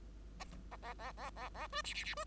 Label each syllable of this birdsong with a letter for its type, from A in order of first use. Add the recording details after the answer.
A A A A A A B C C C B. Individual Bird5